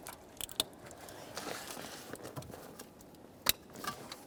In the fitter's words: I got a nice click from that we'll give it a tug